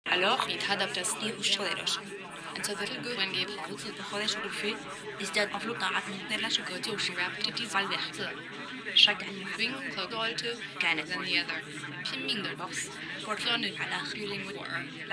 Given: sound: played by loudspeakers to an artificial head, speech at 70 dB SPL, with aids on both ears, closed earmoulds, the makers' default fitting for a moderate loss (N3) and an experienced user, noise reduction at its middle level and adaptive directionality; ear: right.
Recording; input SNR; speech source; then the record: speech test signal (ISTS) in cocktail-party noise; -3 dB; on the right (90 degrees)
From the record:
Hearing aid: class 1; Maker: E